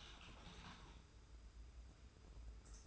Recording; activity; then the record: daily activity, microphone in the room; typing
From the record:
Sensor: 2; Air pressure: 990.8 hPa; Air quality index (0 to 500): 144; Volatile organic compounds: 297 ppm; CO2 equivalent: 4474 ppm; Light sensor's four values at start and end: 27/68/27/28 and 27/68/27/28